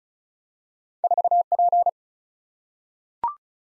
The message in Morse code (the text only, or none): 4P